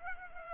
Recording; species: mosquito wingbeat signal from an infrared sensor; Culex pipiens